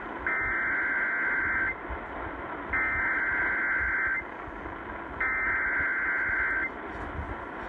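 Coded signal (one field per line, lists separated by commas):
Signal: Emergency Alert System (SAME) tones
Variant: header bursts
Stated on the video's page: Alerts, including a PDS tornado warning, received from at least 700 miles away on a Sangean radio and a RadioShack 12-996.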